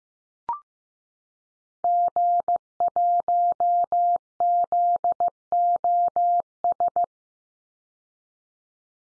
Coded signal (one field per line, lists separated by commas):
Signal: Morse code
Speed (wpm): 15 wpm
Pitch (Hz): 700 Hz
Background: none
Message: G1ZOS